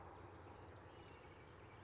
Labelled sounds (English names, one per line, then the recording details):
California Towhee
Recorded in Sonoma County, California